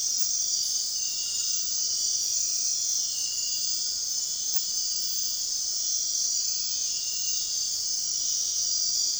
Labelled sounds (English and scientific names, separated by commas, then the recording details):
none
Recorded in dense forest near Puerto Asís, Putumayo, Colombia, on 13 March 2025 at 00:30
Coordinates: 0.499, -76.324
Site GP03